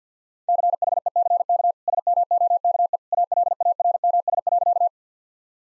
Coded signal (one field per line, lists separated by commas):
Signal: Morse code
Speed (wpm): 50 wpm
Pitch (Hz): 700 Hz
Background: none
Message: CHECK SMOKE ALARMS.